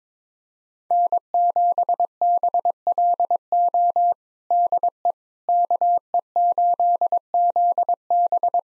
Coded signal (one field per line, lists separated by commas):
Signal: Morse code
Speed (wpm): 22 wpm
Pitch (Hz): 700 Hz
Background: none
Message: N7BLO DE KE8ZB